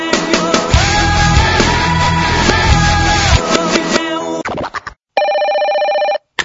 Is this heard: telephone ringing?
yes